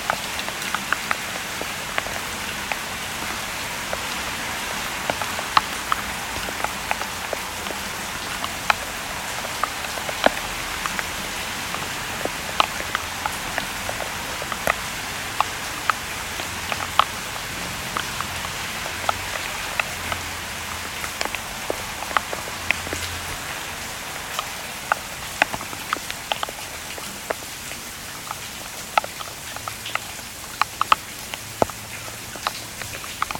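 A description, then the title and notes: Rain falls steadily during Hurricane Hillary in LA, a dense, even hiss scattered with sharp, frequent drop hits that tick and splat throughout. Underneath, a faint low rumble of traffic comes and goes, swelling briefly around the twenty-second mark. Modulating Rain Drops with Atmospheric Traffic. This was recorded in LA during Hurricane Hillary.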